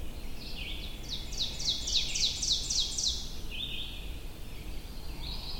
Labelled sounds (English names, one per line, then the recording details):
Ovenbird song
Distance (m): 30 m
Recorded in boreal forest in Alberta, Canada, on 22 June 2016 at 05:45
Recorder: SongMeter 3, array SBT-6-76
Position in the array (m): 145 m, 109 m
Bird 3